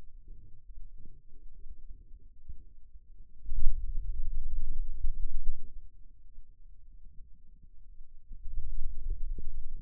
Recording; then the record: forearm muscle sounds (acoustic myography)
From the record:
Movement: pen grasping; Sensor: system 2, bracelet of six BSWA MPA416 microphones around the upper forearm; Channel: 2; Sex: male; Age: 22 years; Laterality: right